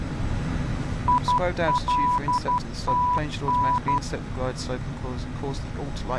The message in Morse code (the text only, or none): ILTN